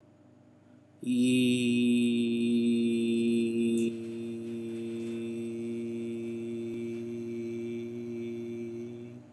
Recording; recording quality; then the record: sustained vowel as in beet; excellent, no background noise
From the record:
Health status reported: COVID-19 positive, mild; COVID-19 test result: positive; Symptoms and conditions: breathing difficulty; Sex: male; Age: 47 years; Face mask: worn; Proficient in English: yes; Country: India